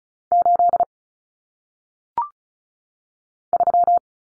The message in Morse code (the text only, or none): 8 3